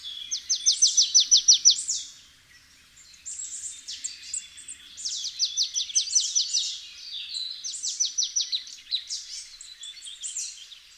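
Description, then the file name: Marsh tit calling, three bursts of rapid high repeated notes mixed with buzzier sounds, each burst lasting about two to four seconds. "Poecile palustris"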